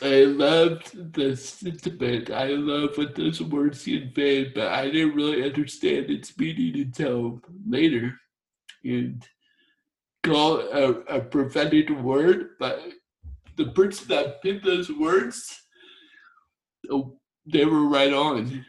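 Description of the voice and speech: An adult woman speaks slowly, her speech broken by long pauses, with stretched vowels and slurred consonants: dysarthria from torsional dystonia. Her voice is difficult to understand at first, and she has a hard time pronouncing certain words.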